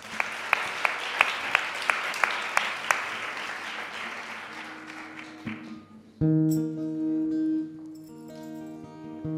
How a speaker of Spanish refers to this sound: Así que muchísimas gracias por estar aquí. Y iniciamos Capacharte. Un aplauso. Gracias.